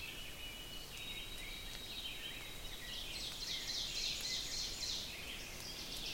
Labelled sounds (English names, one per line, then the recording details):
Ovenbird song
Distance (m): 55 m
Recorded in boreal forest in Alberta, Canada, on 5 June 2016 at 05:34
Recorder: SongMeter 3, array SBT-3-51
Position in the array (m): 246 m, 156 m
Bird 28